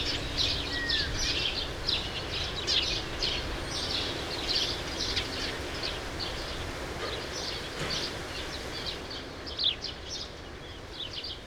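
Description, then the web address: True sparrow chirps pour out continuously from many birds at once, busy and overlapping, over a hissy background with a single slurred whistle near the start. "True sparrows. دانلود-صدای-پرنده-راستین"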